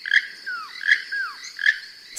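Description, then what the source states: Keel-billed Toucan song: dry, froglike creaking notes alternating with short falling slurs, the creaks repeated about every three-quarters of a second. Tropical bird of the jungles from southern Mexico to Venezuela; also called Rainbow-billed Toucan.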